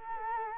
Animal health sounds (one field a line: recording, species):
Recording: mosquito wingbeat signal from an infrared sensor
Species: Culex quinquefasciatus